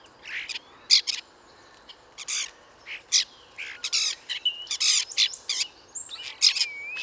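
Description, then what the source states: Common Starlings singing, a dense run of clicks, rattles, short chirps and brief whistled slurs. 5 to 8 birds challenging each other vocally atop a plane tree in the Bois de Vincennes, foggy cold morning about 8°C, 1 January 2019; trills, whistles, rolls and calls; Nagra Seven recorder with parabolic microphone, mono.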